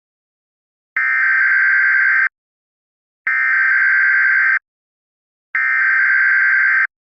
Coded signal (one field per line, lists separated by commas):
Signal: Emergency Alert System (SAME) tones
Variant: header bursts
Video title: EF-NIGHTMARE (A Tornado Outbreak EAS Scenario)